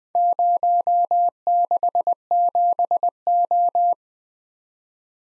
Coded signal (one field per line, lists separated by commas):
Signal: Morse code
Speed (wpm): 20 wpm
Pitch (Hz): 700 Hz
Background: none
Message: 067O